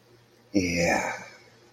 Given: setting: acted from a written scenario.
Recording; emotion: vocal sound without words; desire